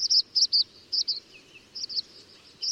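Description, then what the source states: Tree Swallow calls: bright, high chirping notes, mostly in quick pairs, repeated several times with brief gaps, plus a few fainter, lower twitters. Tree swallow, typically the earliest swallow species to arrive north in spring.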